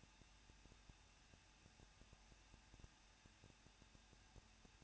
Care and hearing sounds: daily activity, microphone in the room; no activity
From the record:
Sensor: 2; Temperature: 21.0 degrees Celsius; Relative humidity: 37.3%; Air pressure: 1006.4 hPa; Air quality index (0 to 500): 221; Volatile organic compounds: 23 ppm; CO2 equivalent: 2786 ppm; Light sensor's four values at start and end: 2/3/2/2 and 2/3/2/2

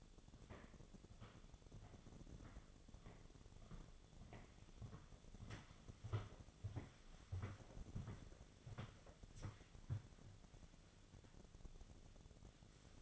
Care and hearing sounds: daily activity, microphone in the room; walk to room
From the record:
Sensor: 4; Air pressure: 1000.8 hPa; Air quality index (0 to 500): 124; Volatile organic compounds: 1 ppm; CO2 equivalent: 938 ppm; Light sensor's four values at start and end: 52/130/54/61 and 45/110/46/52

